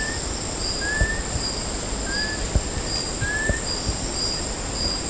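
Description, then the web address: Chestnut-collared kingfisher calling with a few upslurred whistles spaced about a second apart, set against a constant high-pitched insect hum and rhythmic buzzing. Recorded at Sepilok on 5 August 2009. "SEPILOK 20090805. chestnut-collared kingfisher"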